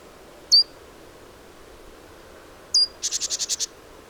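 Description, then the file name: Great tit with a lone sharp, high call, then a second sharp note followed by a quick buzzy churring series of seven pulses. "Parus major"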